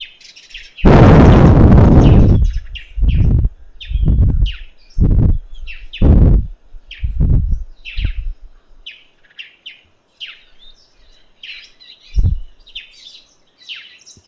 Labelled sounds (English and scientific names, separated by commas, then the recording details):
Parrot-billed Sparrow (Passer gongonensis)
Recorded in northern Uganda